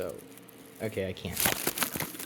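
A replacement mini bulb in its plastic base is handled and pressed toward the socket of a Christmas light strand while someone talks, with crinkling and a couple of sharp handling ticks near the end. Nothing has seated or clicked yet; the bulb is not yet home.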